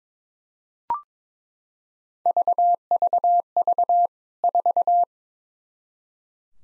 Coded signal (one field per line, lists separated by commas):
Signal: Morse code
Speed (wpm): 22 wpm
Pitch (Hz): 700 Hz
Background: none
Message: VVV 4